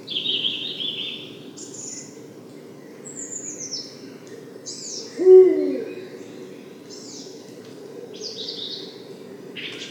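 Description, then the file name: Eurasian eagle-owl uttering a single low, brief hoot midway, surrounded by varied high whistles and sweeping chirps from other birds. "berguv"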